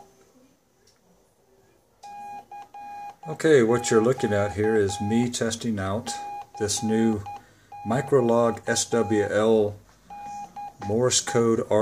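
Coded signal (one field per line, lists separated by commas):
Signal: Morse code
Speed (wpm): 10 wpm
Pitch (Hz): 820 Hz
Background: speech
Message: CQ CQ DE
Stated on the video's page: CW transmitted from own radio and piped into a Commodore 64 Microlog SWL cartridge; no good on-air signals found.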